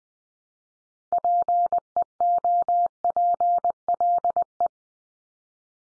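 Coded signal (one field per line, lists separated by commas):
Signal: Morse code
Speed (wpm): 20 wpm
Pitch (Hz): 700 Hz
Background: none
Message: PEOPLE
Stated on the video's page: Head-copy drill of the 100 most common English words at 20 wpm, each word sent three times, then sent again.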